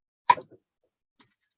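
The vacuum-sealed metal lid on a hot-filled glass jar of refrigerator pickled onions is opened and breaks its seal with a sharp, bright pop at 0.3 s, followed by a short rattling tail; the jar had sealed because it was filled hot. Two much fainter sounds follow: a faint tick near 1.2 s and a soft low thump near 1.6 s.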